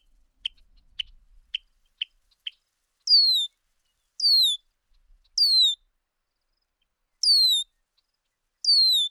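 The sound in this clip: Bird calling and singing: five quick high chips, then clear descending whistles repeated every one to two seconds.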